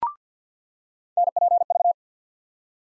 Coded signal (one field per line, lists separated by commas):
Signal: Morse code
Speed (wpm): 46 wpm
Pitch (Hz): 700 Hz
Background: none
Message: NPV